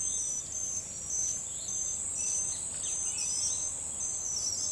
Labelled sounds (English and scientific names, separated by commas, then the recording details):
Blue-gray Tanager (Thraupis episcopus)
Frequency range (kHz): Blue-gray Tanager (Thraupis episcopus) 4.7-5.9 kHz
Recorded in forest near Pivijay, Magdalena, Colombia, on 16 April 2023 at 06:00
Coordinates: 10.467, -74.380
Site Z5-G034